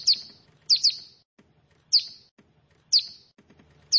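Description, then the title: Prinia song: shrill falling chips, first a single note, then a quick pair, then single notes about a second apart, over a faint low hum. "Ciblek Sawah"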